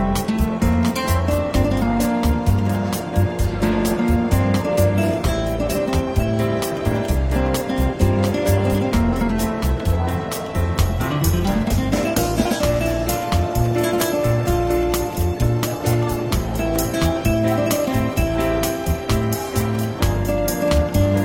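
Soft, relaxed jazz plays throughout a bookstore café, with a walking bass line and steady brushed drum hits keeping an even pulse. The music stays full and level, with a brief rising glide near the middle, and faint chatter may sit underneath.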